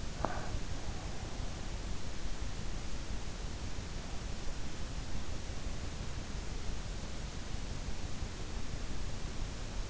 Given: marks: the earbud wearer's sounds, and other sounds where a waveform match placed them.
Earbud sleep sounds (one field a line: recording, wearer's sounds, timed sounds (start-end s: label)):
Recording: sounds in sleep by an in-ear microphone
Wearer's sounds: breath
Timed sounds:
0.00-0.80 s: breath